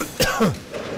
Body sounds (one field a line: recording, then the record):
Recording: coughing mixed with background sound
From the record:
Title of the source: Coughing 51